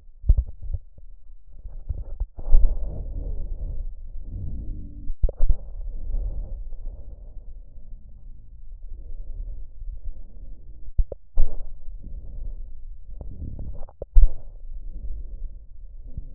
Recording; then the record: lung sounds by stethoscope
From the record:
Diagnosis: emphysema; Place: left posterior upper chest